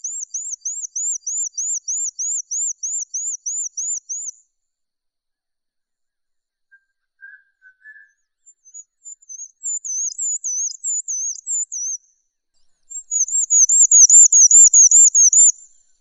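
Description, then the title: Horsfield's bush lark singing very high, thin looping notes in fast repeated series, with pauses between phrases and a brief lower note in the middle. "Suara Burung Branjangan"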